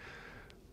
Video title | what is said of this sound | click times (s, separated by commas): The Easy Way To Hide TV Wires Without Breaking The Electrical Code! | that just snaps into place and folds in and Clips in that's going to provide a code compliant connection into the box | 0.5 s